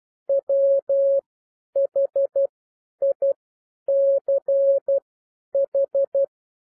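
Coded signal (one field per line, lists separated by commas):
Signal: Morse code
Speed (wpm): 12 wpm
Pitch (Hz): 550 Hz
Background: none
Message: WHICH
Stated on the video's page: Morse reading lesson with characters at 12 wpm and overall speed 9 to 12 wpm.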